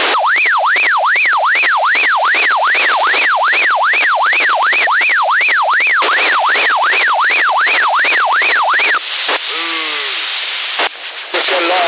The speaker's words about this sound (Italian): Sono le ambulanze.